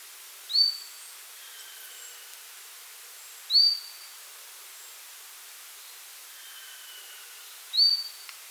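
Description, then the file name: Marsh Tit calling: three clear, high upslurred notes with brief flat whistled tails, spaced about three to four seconds apart, over a quiet hiss. "Poecile palustris"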